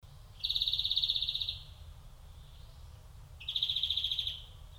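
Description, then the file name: European greenfinch delivering two loud, rapid rattling trills about three seconds apart, each lasting around a second, over a quiet background. "Chloris chloris"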